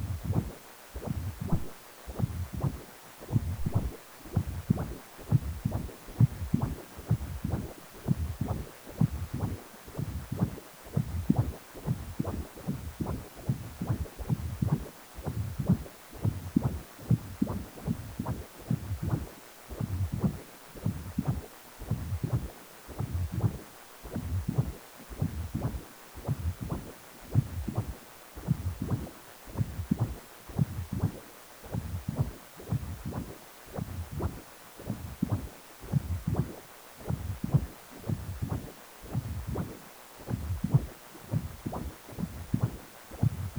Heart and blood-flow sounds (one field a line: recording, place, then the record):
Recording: Doppler ultrasound of blood flow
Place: precordium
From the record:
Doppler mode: continuous wave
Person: healthy adult, 18 to 50 years, no heart murmur, not diving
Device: 2.5 MHz transducer